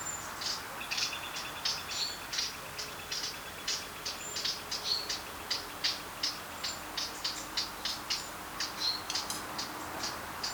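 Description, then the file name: Eurasian blackcap giving sharp clicking tack notes in a long, steady series. "Sylvia atricapilla"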